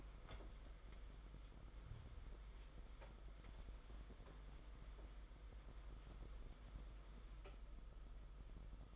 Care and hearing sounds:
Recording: daily activity, microphone in the room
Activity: wipe stove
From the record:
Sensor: 5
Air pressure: 991.6 hPa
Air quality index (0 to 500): 126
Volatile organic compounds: 57 ppm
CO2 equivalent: 3384 ppm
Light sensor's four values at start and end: 35/106/41/44 and 33/96/38/41

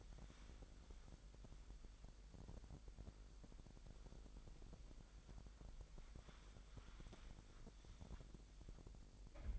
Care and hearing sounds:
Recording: daily activity, microphone in the room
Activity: wipe stove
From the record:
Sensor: 5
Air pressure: 1001.0 hPa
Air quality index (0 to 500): 247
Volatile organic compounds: 34 ppm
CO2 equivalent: 3040 ppm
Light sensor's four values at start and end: 29/65/27/25 and 30/67/27/26

